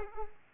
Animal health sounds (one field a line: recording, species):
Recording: mosquito wingbeat signal from an infrared sensor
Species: Culex pipiens